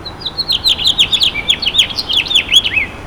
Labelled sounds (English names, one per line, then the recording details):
House Finch song
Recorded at Babylon on Long Island, New York, on 18 May 2013
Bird D